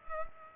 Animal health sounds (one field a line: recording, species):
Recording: mosquito wingbeat signal from an infrared sensor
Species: Culex pipiens